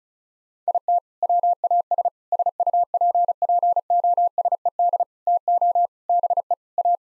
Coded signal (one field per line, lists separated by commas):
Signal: Morse code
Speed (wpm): 35 wpm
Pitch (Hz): 700 Hz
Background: none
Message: IT WAS SUPPOSED TO BE A